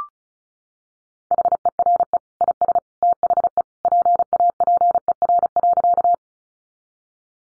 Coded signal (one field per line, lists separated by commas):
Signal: Morse code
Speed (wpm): 34 wpm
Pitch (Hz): 700 Hz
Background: none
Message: HERE IS THE PAPER.